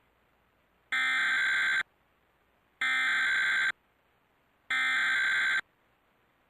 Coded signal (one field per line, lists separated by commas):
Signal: Emergency Alert System (SAME) tones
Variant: header bursts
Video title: (EAS #29) Suddenlink / Optimum - Child Abduction Emergency (3/2/2023)